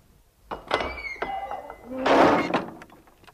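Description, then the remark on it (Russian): A heavy cast-iron tower door is shoved open with a strong push, making a dull thunk, a grinding scrape and metallic ringing tones, swelling into a loud rumbling clatter before fading. “Чугунная дверь открывается от сильного толчка, и в башню стремительно входит человек в черном плаще и челме.”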